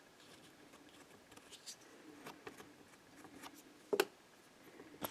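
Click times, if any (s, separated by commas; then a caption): 4.0 s. On a Mercedes-Benz W126 S-Class during a door check strap replacement and hook repair, a plastic retaining clip is pressed by hand into the door trim panel. Faint handling taps and rustles lead to a sharp snap at 4.0 s, followed by a smaller tick near 5.1 s. The clip seats firmly into the panel.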